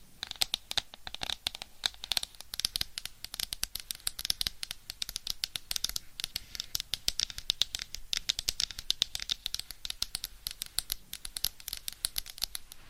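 Dense, rapid scratching fills the whole stretch, a steady stream of crisp, bright strokes and ticks with no pauses. Small taps poke out irregularly, several per second, while a soft low hum sits underneath throughout. No voice is heard.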